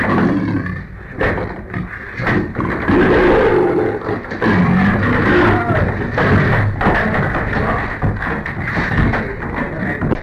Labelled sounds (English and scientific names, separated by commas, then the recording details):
Leopard (Panthera pardus)
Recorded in captivity
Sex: pair
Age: adult
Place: Tierpark Berlin, Berlin, DE
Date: 1959-09-01
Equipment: Smaragd
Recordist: TSA